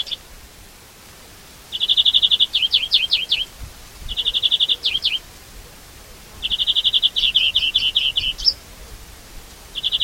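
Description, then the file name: European greenfinch giving even trills that break into fast down-swept notes, phrases spaced a couple of seconds apart, with quiet gaps between. "Chloris chloris"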